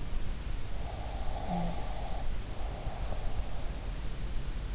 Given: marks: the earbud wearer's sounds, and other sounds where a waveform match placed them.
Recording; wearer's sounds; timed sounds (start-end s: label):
sounds in sleep by an in-ear microphone; breath
1.11-3.65 s: breath